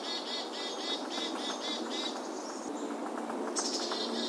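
Rapid bird chirps repeated about four times a second, then a higher buzzy note, with a steady low rumble underneath.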